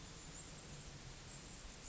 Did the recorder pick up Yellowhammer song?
no